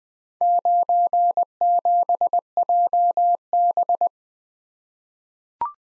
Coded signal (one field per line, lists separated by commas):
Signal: Morse code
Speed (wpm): 20 wpm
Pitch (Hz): 700 Hz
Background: none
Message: 97JB